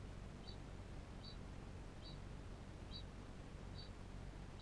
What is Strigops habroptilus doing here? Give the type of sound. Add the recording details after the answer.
ching call. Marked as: faintness 3/5. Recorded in New Zealand. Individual Barnard